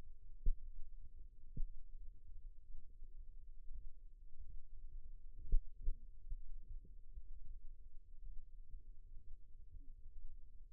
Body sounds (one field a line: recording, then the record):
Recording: forearm muscle sounds (acoustic myography)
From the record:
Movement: rest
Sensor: system 2, bracelet of six BSWA MPA416 microphones around the upper forearm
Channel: 1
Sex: male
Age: 22 years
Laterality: right